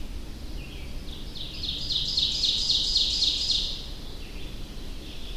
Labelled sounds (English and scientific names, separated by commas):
Ovenbird (Seiurus aurocapilla) song